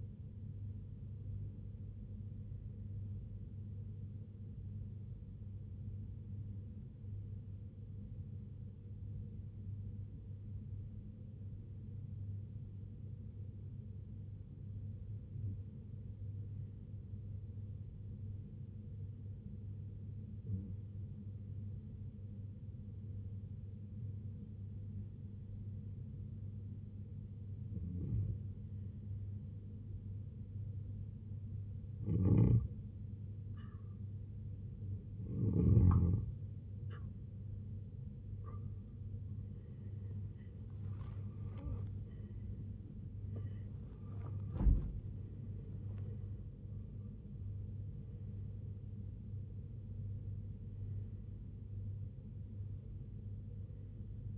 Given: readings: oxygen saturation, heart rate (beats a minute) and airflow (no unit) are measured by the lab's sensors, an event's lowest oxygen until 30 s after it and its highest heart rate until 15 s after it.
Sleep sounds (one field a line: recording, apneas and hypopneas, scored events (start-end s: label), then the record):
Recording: breathing in sleep by a smartphone at the bedside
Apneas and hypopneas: 1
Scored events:
4.00-38.20 s: hypopnea (N1, oxygen 95% highest, then 90% lowest, heart rate 66 at the start, 93 highest)
24.00-54.38 s: new sleep stage, N2 (light sleep)
From the record:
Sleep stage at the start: N1 (lightest sleep)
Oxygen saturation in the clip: 87 to 95%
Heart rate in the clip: 64 to 93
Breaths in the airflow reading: 15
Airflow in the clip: -9.5 to 11.9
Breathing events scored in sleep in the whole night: 258 in 7.4 hours asleep